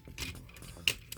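A plastic arm armor piece from the Fansproject Parallax D.I.A. Commander Armor set is slid onto an action figure's arm, with soft plastic rubbing and faint ticks. It snaps into place with a sharp click at 0.9 s, followed by a smaller click at 1.1 s. The piece is seated.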